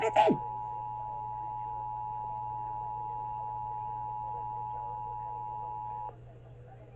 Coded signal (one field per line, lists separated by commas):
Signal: Emergency Alert System (SAME) tones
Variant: 853 and 960 Hz attention tone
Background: speech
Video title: EAS 1123-1126: Pennsylvania Required Monthly Test (October 2020) on 4 different stations